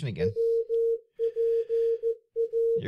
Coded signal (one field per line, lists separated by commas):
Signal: Morse code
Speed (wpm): 14 wpm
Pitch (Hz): 460 Hz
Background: speech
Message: WPA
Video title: Easy Ways To Learn CW | Ham Radio Morse Code For All